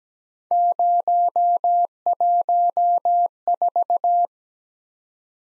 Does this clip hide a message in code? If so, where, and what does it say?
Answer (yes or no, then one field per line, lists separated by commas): yes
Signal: Morse code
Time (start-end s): 0.5-4.3 s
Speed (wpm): 17 wpm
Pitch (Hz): 700 Hz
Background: none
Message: 014